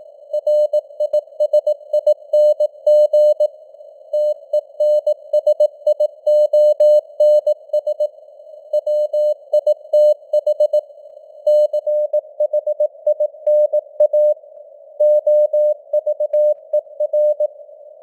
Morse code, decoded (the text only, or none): RISING TENSIONS WITH CHINA OVER